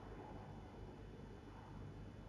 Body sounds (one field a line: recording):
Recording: background sound without coughing